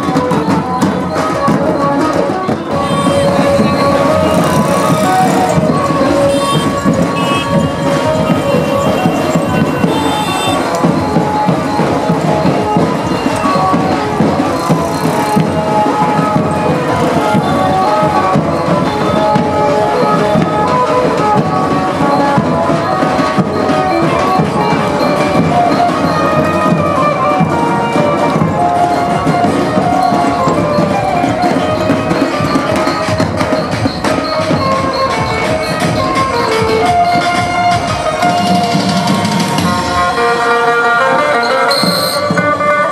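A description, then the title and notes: Temple sounds at Markhanda: a dense, steady wash of ringing tones and voices fills the whole stretch, with many overlapping pitched notes like bells or chanting. The level stays loud and even throughout, with a brief dip in the low rumble near the end. India Soundscape. Markhanda; Temple Sounds.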